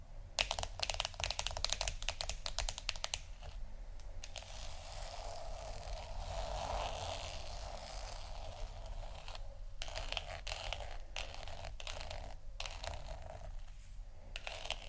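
Scratchy tapping, dense and rapid in the first few seconds, then a steadier rough scratching with scattered taps and brief pauses throughout.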